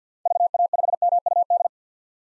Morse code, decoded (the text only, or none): VA5MUD